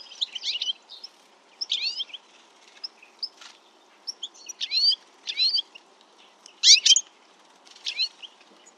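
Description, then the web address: Bird giving short, high chirpy calls in quick bursts of rapid notes, repeated irregularly, over a faint background hiss. "Deverinetal. Bird Only"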